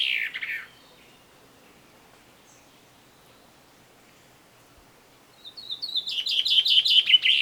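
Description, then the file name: Common chaffinch song: the tail end of one descending phrase, a few seconds of quiet, then a new rapid trill growing louder. "Fringilla coelebs"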